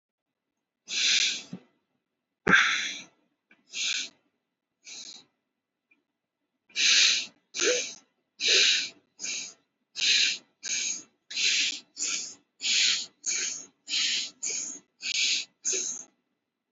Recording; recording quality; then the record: deep breathing; excellent, no background noise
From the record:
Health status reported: COVID-19 positive, mild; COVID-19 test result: positive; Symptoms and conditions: breathing difficulty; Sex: male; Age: 39 years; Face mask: not worn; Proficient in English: yes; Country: India